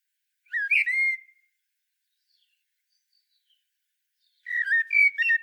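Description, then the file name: Common blackbird song of two phrases: a smooth whistle and then, after a pause, a chattering, twittering sequence of fluty notes. "Turdus merula"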